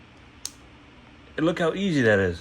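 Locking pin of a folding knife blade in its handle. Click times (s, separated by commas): 0.4 s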